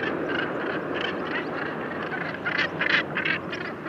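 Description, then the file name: Northern gannet harsh grating calls, a burst of several rasping notes late over steady rushing background noise. "Havssula"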